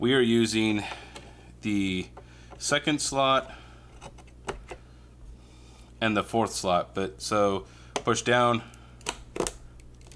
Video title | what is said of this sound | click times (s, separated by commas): How to build a CPU Mining Rig | wait for the clicks other ones opened | 9.1 s, 9.5 s